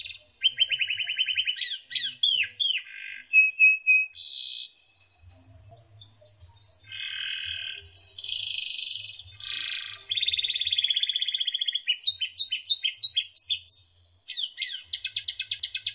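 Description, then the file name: Canary song mixing short trills, harsh buzzy bursts and rapid repeated chips, with brief pauses between phrases. Canary song used as isian, song for training other birds. "suara kenari isian omkicau"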